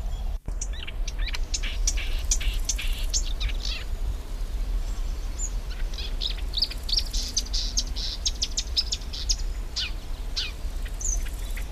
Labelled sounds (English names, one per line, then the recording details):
Large Gold Grasshopper stridulation
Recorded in the wild
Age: adult
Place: Blankenfelde, Tegeler Fließ, Berlin, DE
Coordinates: 52.6372, 13.3889
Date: 1991-07-07 10:27
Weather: sunny, 28°C, wind
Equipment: Marantz, Sennheiser ME 80, Kopie Tesla B 116
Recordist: Tembrock, Günter